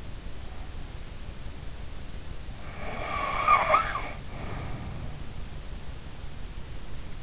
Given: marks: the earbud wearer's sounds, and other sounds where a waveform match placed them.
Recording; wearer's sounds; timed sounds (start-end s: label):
sounds in sleep by an in-ear microphone; snoring breath
2.59-5.11 s: snoring breath